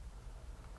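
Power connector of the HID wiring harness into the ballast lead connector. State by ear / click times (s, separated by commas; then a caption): not seated / none. The power connector of an HID accessory wiring harness for a 2011+ Hyundai Sonata is handled against the plastic connector on the wire from the HID ballast, with only a steady low rumble and faint handling noise. Nothing has seated or clicked yet.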